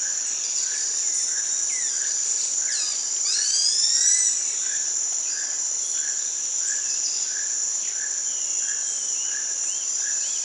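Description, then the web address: Geoffroy's tamarin calls: a cluster of high, rising and falling whistled sweeps, under a constant high-pitched insect buzz. Primate of the South American rainforest. "Natures Songs S America Primates of the Rainforest Geoffroy's tamarin"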